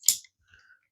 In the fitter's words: and you push it back up and it clicks into place.